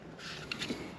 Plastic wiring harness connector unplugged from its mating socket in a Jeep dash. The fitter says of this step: here, pop, you hear it pop.